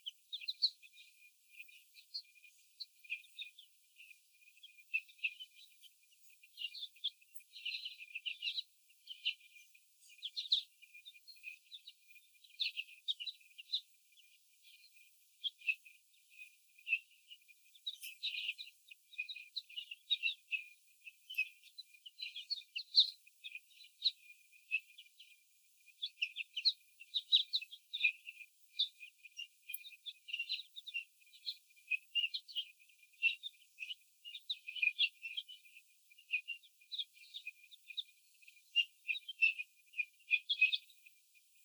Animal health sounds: young laying hens in a cage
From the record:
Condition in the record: before the stressor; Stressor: sudden umbrella opening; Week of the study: 3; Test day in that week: 2

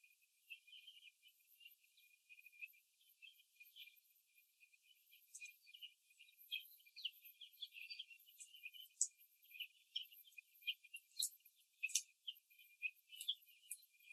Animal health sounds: young laying hens in a cage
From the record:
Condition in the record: before the stressor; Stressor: simulated dog barking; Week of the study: 2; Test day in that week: 3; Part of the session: 1

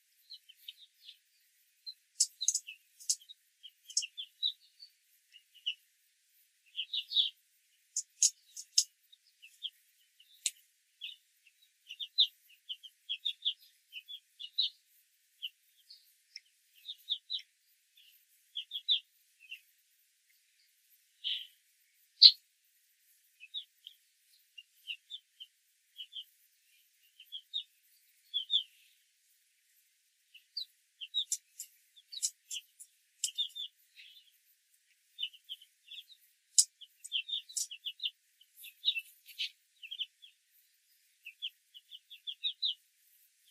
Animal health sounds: young laying hens in a cage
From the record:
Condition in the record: control cage, after the stress test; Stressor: none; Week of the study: 4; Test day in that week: 1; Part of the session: 1

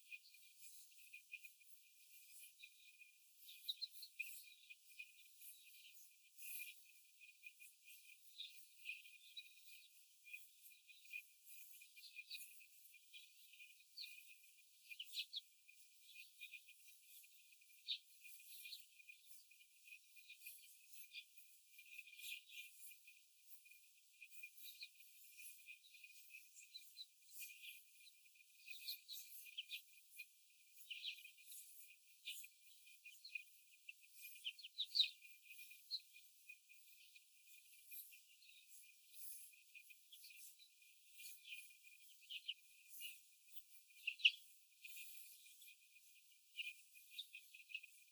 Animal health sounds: young laying hens in a cage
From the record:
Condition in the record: after the stressor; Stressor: simulated dog barking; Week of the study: 4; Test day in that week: 1

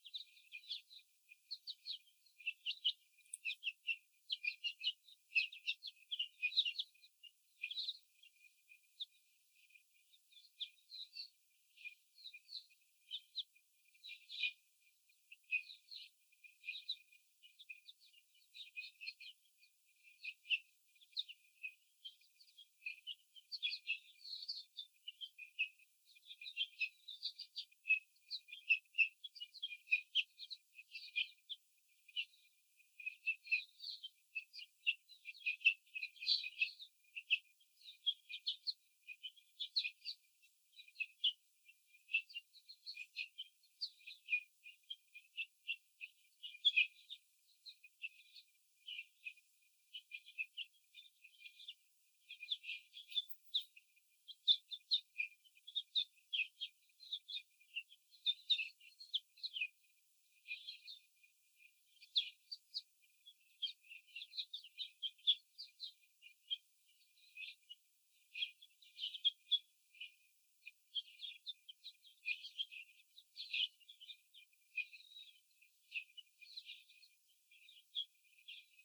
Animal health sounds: young laying hens in a cage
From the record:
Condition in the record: before the stressor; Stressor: simulated dog barking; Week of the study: 4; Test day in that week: 2

